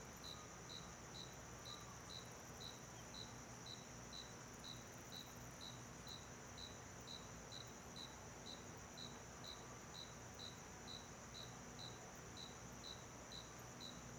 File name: Ambiencia quintal de cidade pequena a noite com grilo, ar condicionado e musica longe